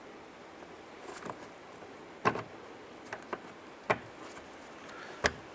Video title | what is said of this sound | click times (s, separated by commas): How to Replace Mirror 2006-2012 Honda Civic | You'll hear an audible click once that's in. | 5.3 s